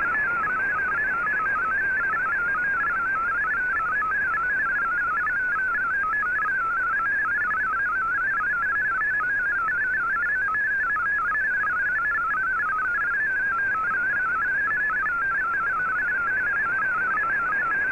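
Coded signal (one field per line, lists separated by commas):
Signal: multi-tone FSK (Olivia or MFSK type)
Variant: MFSK32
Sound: rapid warbling single tone hopping quickly between many pitches, steady and continuous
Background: radio static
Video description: Here is my decode of the Shortwave Radiogram broadcast today on 15770Khz shortwave radio at 1300UTC in MFSK32 and 64 and with 9 SSTV images.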